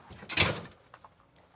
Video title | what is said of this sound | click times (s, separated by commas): 10 RV Upgrades, Modifications, and Must-Know Tips / Enhancing Our Beloved Home on Wheels | that's it locks in place mhm | 0.3 s